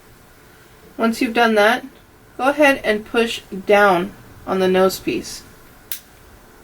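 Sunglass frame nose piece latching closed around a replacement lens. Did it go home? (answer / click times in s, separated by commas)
yes / 5.9 s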